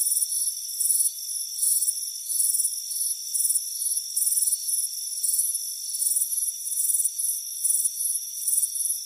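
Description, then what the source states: Cricket chirping, high rapid pulses in short repeated bursts, over a constant shrill background drone. Warm afternoon, front porch.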